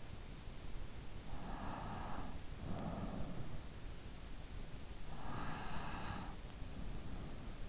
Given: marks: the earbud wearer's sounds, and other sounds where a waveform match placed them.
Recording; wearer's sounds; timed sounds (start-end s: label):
sounds in sleep by an in-ear microphone; breath
1.34-3.60 s: breath
5.17-7.69 s: breath